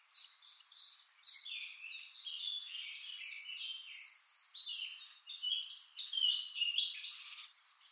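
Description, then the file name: Eurasian blackcap song: a steady run of quick, high notes, several each second, ending in a busier warble. "Sylvia atricapilla"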